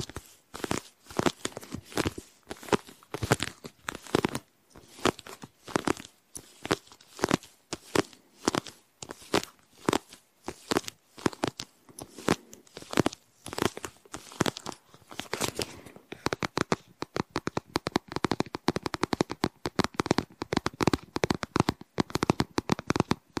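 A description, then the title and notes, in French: Rummaging through a handbag and its contents: quick, dense crinkling, rustling and clicking in bursts, growing busier and more continuous after about sixteen seconds. Je te relaxe avec mon sac à main et son contenu (portefeuille, cartes, tickets, lunettes, mouchoirs en papier, crème...) Un épisode multi déclencheurs avec mon sac à main et tout son contenu.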